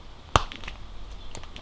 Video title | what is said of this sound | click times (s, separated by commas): RougePak Disposable Hydration Bladder Gear Review | And what you do, basically just kind of pop this thing on here until you hear it click. | 0.4 s